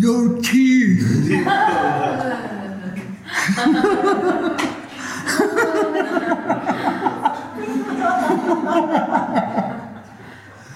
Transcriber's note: laughs